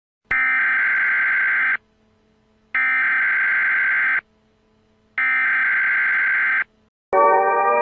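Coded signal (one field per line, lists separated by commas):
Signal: Emergency Alert System (SAME) tones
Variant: header bursts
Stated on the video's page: Fictional EAS scenario, not a real alert.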